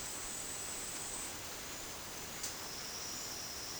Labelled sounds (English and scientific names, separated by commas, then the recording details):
none
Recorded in dense forest near Puerto Asís, Putumayo, Colombia, on 21 February 2024 at 11:30
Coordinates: 0.505, -76.324
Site G6467